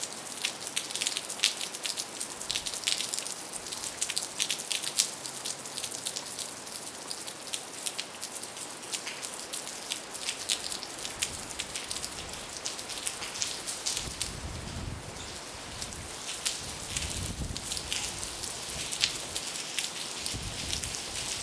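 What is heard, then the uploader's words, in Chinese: Rain falls steadily, a dense patter of drops striking the ground with countless sharp ticks in the upper range. Around 14 and 17 seconds low gusts of wind swell and fade beneath the rain, which stays even throughout. 佛光大學雲慧樓四樓陽台。設備：Tascam DR-40x。朝相山壁方向。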